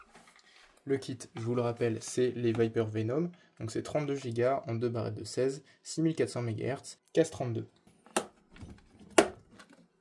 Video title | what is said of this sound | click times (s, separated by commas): Montage PC - Ryzen 5 7600, 32Go DDR5, RX 7600XT, 4000D Airflow | vous pouvez voir ça a bien clipsé deux fois enfin entendre surtout et voir donc vous pouvez voir que les | 8.2 s, 9.2 s